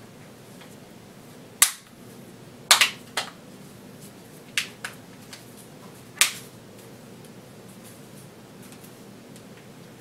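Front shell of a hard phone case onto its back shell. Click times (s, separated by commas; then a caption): 1.6 s, 2.7 s, 3.2 s, 4.6 s, 6.2 s. The hard plastic front shell of a Ballistic Hard Core Series case is pressed onto its back shell around an iPhone 4/4S. Sharp plastic snaps sound at 1.6, 2.7, 3.2, 4.6 and 6.2 seconds against a quiet background, as the halves snap fully into place.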